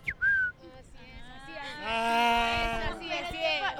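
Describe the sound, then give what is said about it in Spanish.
A pichafue (bichofué, great kiskadee), a very territorial bird, calls in Cali: a short, shrill rising whistle, then a longer, loud, harsh and buzzy strident cry with a nasal ring that wavers to the end. “El pichafue es un ave que es muy territorial, entonces siempre trata de desplazar a las otras aves que hay por ahí en el entorno.”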